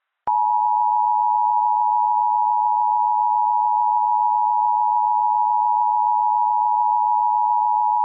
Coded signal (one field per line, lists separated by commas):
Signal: Emergency Alert System (SAME) tones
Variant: 853 and 960 Hz attention tone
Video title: EAS Scenario - The Watch Part 3